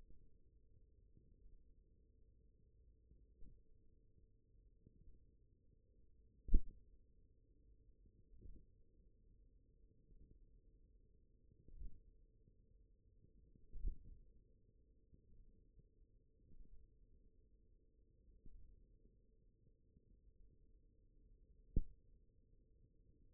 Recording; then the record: forearm muscle sounds (acoustic myography)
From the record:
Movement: thumb flexion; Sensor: system 1, eight BSWA MPA416 microphones around the upper forearm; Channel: 6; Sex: male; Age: 18 years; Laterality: right